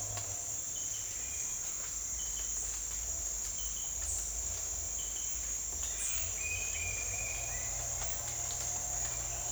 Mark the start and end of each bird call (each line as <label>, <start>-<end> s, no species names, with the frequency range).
bird call (1.6-2.7 kHz), 6.32-7.71 s